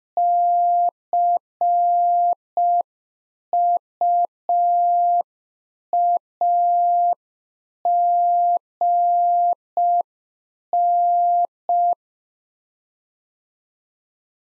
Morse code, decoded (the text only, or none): CUAGN